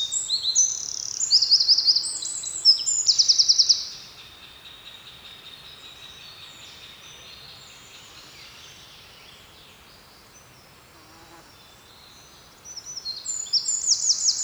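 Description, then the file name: Eurasian wren song with shrill trills and rattles for about four seconds, a long quiet pause, then the same rapid high song starting again. "Troglodytes troglodytes"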